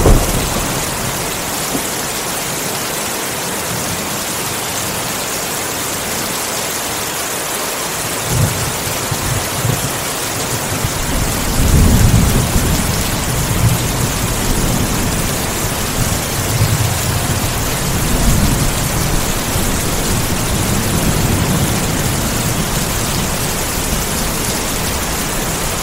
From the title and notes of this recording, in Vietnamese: Âm thanh thư giãn tiếng mưa rơi và sấm chớp. Tiếng mưa rơi tí tách ngoài cửa sổ.